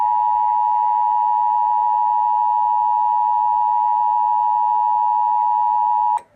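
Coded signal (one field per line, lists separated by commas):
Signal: Emergency Alert System (SAME) tones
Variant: 853 and 960 Hz attention tone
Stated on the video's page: Fictional EAS scenario.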